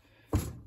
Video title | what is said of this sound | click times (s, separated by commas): How to Change and Rebuild CV Axles | It should click in just like it did when it came out. | 0.3 s